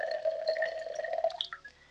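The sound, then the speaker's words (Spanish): Liquid is poured into a glass in a steady stream, its gurgling tone rising slightly in pitch as the glass fills, then a few splashy trickles before it stops. “¿Es la segunda Margarita lo que oigo?”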